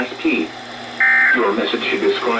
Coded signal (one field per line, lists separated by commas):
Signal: Emergency Alert System (SAME) tones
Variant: end-of-message bursts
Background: speech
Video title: 5... EAS Alerts from 5/16/22 (EAS #6,969 - 6,973)